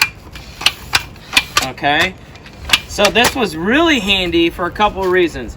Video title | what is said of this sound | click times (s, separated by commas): Top RV Accessories 2021 | slides and locks in place as you pull it upright | 0.0 s, 0.7 s, 1.0 s, 1.4 s